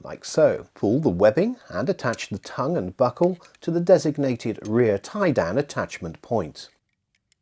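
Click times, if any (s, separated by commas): none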